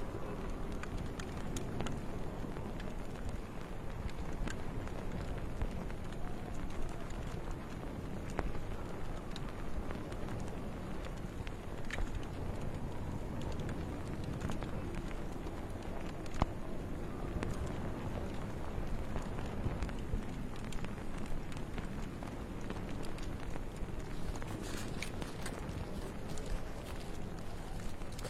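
A wood fire crackles over a steady, low rush of wind that never lets up. Sharp pops and snaps come constantly and irregularly, with one louder crack around sixteen seconds and a thicker cluster of bright crackles near the end.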